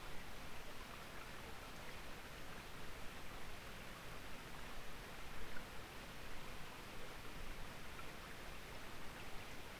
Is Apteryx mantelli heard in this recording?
no